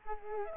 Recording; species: mosquito wingbeat signal from an infrared sensor; Culex quinquefasciatus